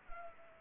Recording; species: mosquito wingbeat signal from an infrared sensor; Culex pipiens